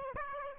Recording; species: mosquito wingbeat signal from an infrared sensor; Aedes aegypti